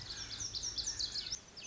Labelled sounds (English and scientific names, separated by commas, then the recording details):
Lazuli Bunting (Passerina amoena)
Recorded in Sonoma County, California